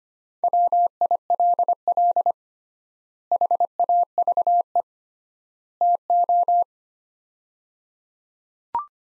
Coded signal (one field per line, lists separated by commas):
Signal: Morse code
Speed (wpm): 25 wpm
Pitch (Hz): 700 Hz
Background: none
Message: WILL HAVE TO